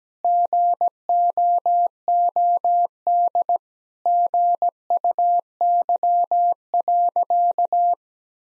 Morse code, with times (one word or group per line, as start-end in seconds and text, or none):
0.2-3.6 GOOD
4.1-7.9 GUY.